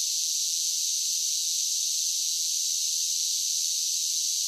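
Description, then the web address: Cicadas singing as one steady high shimmer, an unbroken buzzing wash without pulses or pauses. Large group of cicadas singing as a steady drone. "Blast Wave SSFX Cicadas Sing. cicadas large group steady drone insects bugs"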